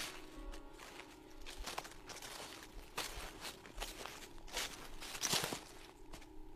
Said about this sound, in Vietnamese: Sau đó lại là cái âm thanh bước chân dẫm lên giấy cứ sột soạt.